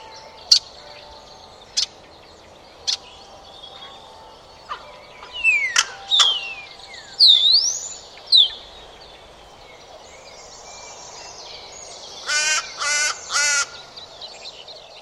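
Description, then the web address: Bird calls: sharp isolated clicks, quick descending whistles, a swooping whistled note, and three buzzy rasping bursts near the end, over a steady low hiss. "Bird Only"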